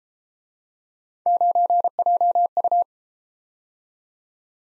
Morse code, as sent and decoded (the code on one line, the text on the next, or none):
----. .--- ..-
9JU